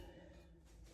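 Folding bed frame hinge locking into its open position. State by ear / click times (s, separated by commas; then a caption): not seated / none. A metal folding bed frame is being unfolded by hand, with its hinged sections handled as they move toward their locked open position. Only a steady low rumble and soft handling noise are heard, with no sharp sounds. Nothing has seated or clicked yet.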